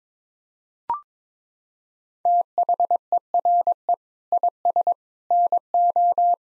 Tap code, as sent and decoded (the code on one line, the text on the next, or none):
none